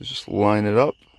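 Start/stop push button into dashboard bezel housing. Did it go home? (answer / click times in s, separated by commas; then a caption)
no / none. A new red start/stop push button for a BMW F30, F32 or F80 is lined up with its two plastic clips and pushed toward the dashboard bezel housing while someone talks. Only speech is heard, with no click or snap. Nothing has seated or clicked yet.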